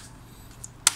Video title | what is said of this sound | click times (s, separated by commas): Step By Step Solving SCRATCH Printed DTF Transfers | yep everything make sure you go click sound | 0.9 s